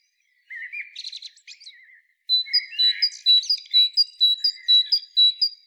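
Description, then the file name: Great tit calls: a burst of buzzy, churring notes, then a run of bright high two-part notes repeated about twice a second, with chattering notes mixed in. "Parus major"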